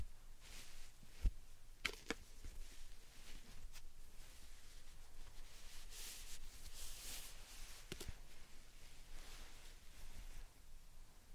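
Slime and sand triggers make soft hissy swishes and squishes, with sharp clicks near 1, 2 and 8 seconds over a steady low hush.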